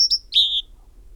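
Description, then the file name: Great tit giving a single phrase: two short high notes sliding into one longer lower whistle. "Parus major"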